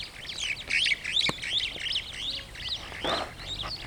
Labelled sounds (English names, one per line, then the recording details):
Superb Starling flight call
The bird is a male
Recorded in Kenya on 26 June 2010
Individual 55, of group MRC1